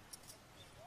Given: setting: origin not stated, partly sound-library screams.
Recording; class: one-second piece from a danger detection set; normal situation